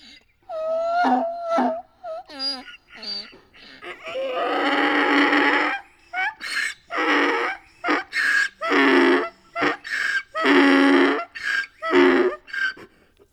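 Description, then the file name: Donkey braying, opening with a few wheezy tonal notes, then a long harsh see-saw bray of loud rasping honks alternating with gasping in-breaths. "donkey cry"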